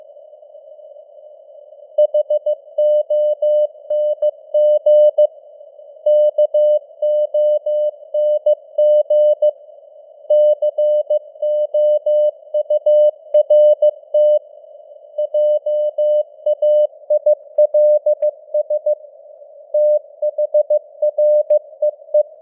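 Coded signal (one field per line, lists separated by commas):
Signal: Morse code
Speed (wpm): 15 wpm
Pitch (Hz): 600 Hz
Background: none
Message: HONG KONG COURT JAILS THREE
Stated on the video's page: News headlines sent at 15 wpm with simulated radio noise and varying signal strength (QSB).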